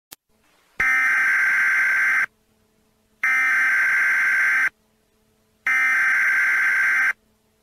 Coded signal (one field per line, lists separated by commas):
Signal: Emergency Alert System (SAME) tones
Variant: header bursts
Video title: (REUPLOADED) Creepy EAS Broadcast (ORIGINAL)